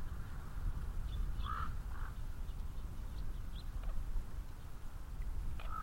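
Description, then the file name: Common raven giving a few hoarse croaks, over a steady low rumble of road traffic. Ravens at Elizabeth Lake, with passing cars audible. "Elizabeth Lake 1 Ravens And Cars"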